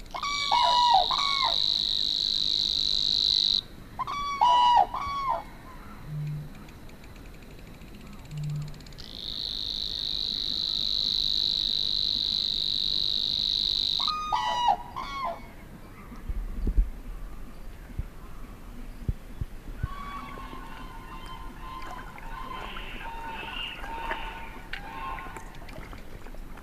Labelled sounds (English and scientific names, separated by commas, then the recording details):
Savi's Warbler (Locustella luscinioides)
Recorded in the wild
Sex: male
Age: adult
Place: Warsow, Kummerower See, Mecklenburg-Vorpommern, DE
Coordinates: 53.8358, 12.8406
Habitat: wetland
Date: 2013-05-23
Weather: cloudy, weak wind, 15°C
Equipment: Sound Devices 702, Sennheiser MKH 70, Rycote Windschutz
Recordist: Frommolt, Karl-Heinz